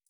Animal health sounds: hydrophone in a shrimp aquaculture tank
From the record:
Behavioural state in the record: feeding

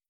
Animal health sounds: hydrophone in a shrimp aquaculture tank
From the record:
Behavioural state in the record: starved

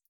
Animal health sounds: hydrophone in a shrimp aquaculture tank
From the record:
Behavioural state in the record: feeding

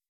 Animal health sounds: hydrophone in a shrimp aquaculture tank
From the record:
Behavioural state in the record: weakened

